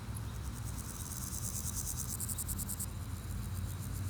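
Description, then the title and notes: Grasshoppers give a rhythmic, pulsed high buzz that swells and stops partway through, over a continuous low traffic hum. Grasshoppers on a sunny day at Chaussée de Tervueren, Pins Noirs, Auderghem, Brussels, Belgium, with car traffic; recorded with DPA 4060 AB pair into Zoom F3. "Chaussée de Tervueren, Pins Noirs, Auderghem, Bruxelles-Capitale, 1160, Belgique - Sauterelles - Grasshoppers. Sunny day, grasshoppers, bikes, cars, tram 44. Journée ensoleillée, sauterelles, vélos, voitures, tram 44"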